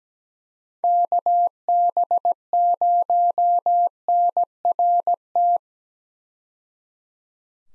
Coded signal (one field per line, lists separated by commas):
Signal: Morse code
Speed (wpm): 17 wpm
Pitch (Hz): 700 Hz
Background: none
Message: KB0NRT